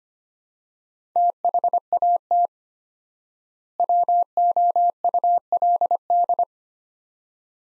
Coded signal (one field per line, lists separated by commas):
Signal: Morse code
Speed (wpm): 25 wpm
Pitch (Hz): 700 Hz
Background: none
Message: THAT WOULD